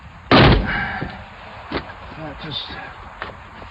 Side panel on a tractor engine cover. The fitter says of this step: got it okay that just locks into place